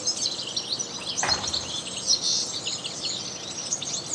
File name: Carduelis carduelis